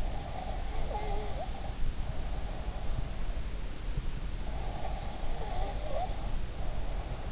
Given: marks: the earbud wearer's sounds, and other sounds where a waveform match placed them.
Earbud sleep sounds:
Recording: sounds in sleep by an in-ear microphone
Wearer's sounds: breath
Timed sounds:
0.04-3.24 s: breath
4.56-7.32 s: breath

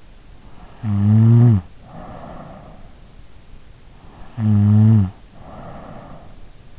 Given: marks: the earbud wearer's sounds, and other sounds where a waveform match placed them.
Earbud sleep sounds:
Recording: sounds in sleep by an in-ear microphone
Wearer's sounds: snoring breath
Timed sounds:
0.22-2.81 s: snoring breath
3.78-6.64 s: snoring breath

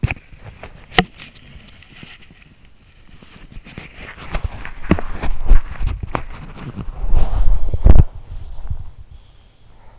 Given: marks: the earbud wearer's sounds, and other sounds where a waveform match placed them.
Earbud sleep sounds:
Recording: sounds in sleep by an in-ear microphone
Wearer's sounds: body movement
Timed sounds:
0.00-9.11 s: body movement
7.23-9.99 s: sound from someone else or the room

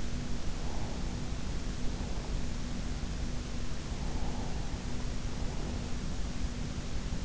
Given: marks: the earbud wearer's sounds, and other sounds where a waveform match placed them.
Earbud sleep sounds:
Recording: sounds in sleep by an in-ear microphone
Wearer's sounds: breath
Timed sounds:
0.56-2.41 s: breath
3.93-5.95 s: breath

